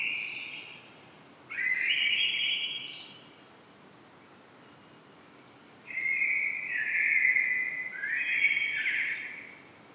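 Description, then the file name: Common blackbird calls: a brief note, then a rising warbled phrase, a long pause, and a longer phrase that dips and climbs in pitch. "Turdus merula"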